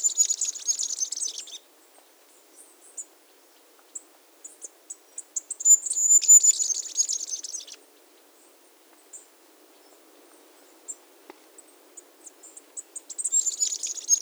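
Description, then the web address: Masked flowerpiercer song: very high, thin twittering phrases of quick chips running into a jumbled warble, given in bursts every few seconds. Recorded at Iguaque, Villa de Leyva and surroundings, Colombia. "sonidos de las aves iguaque villa de leyva y sus alrededores 35 Diglosa De Antifaz, Diglossa cyanea"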